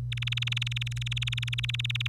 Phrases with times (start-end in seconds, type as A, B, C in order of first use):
0.12-2.07 A